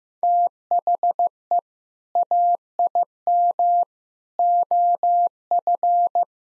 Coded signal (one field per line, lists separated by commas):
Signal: Morse code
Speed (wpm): 15 wpm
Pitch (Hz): 700 Hz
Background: none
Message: THE AIM OF